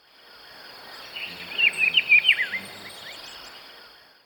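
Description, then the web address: Rufous-browed peppershrike song, one quick warbled phrase of about seven looping whistled notes rising and falling, over a hissing background. From Ecuador. "Birds of Ecuador. Rufous-Browed Peppershrike"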